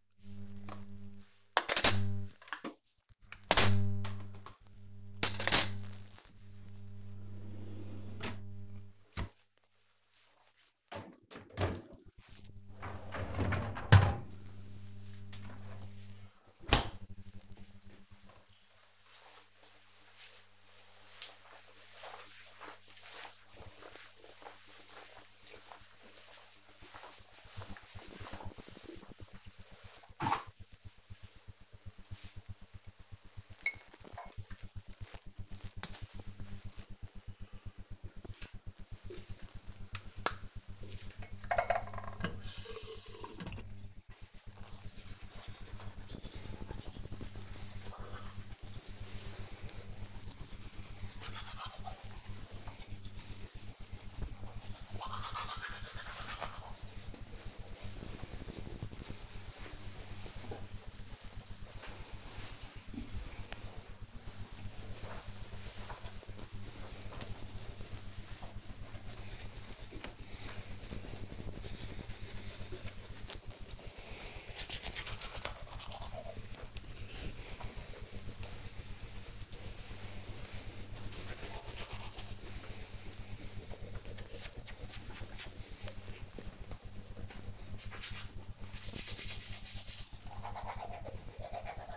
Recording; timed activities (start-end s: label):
household activities, microphone on the right wrist
0.00-16.33 s: cleaning out the dishwasher
29.44-91.97 s: brushing teeth